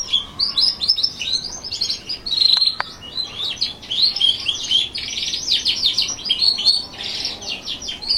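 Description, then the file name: Canary song: fast, high warbling phrases and rattling trills, run together in bursts with short pauses between them. Song of a northern frilled canary ('canário ondulado do norte'). "canto do canario ondulado do norte"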